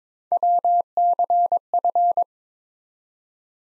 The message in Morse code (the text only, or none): WCF